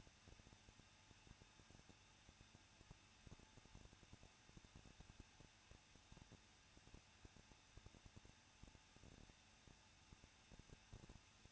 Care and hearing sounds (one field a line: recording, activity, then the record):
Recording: daily activity, microphone in the room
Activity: no activity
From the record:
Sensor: 2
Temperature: 21.0 degrees Celsius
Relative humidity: 37.5%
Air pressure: 1006.2 hPa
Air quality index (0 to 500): 224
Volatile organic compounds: 25 ppm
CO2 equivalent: 2846 ppm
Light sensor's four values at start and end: 2/3/2/2 and 2/3/2/2